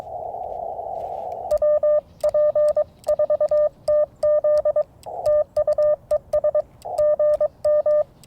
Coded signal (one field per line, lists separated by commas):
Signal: Morse code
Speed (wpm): 22 wpm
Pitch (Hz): 590 Hz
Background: radio noise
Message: WP4TZ TU ES GM